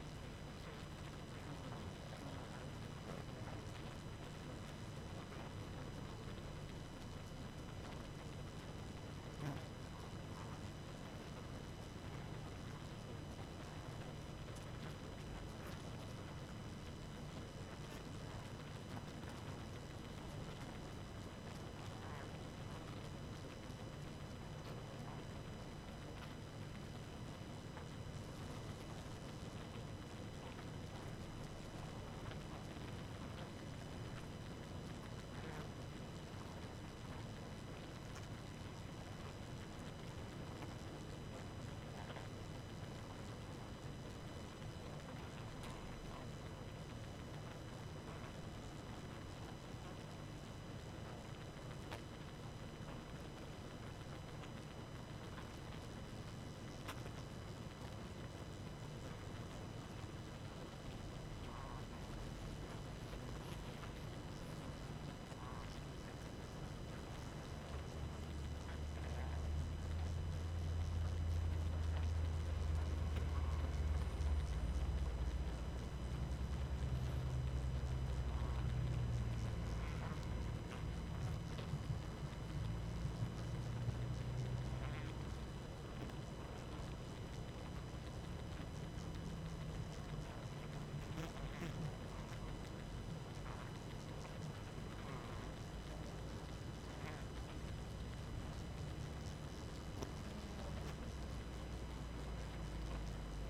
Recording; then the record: honeybee colony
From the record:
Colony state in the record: active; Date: 12 June 2018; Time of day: 22:34